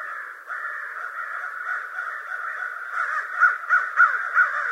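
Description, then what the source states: American crow caws, a loud dense run of hoarse calls with sharper, louder caws punctuating the final seconds. Recorded 25 November 2011.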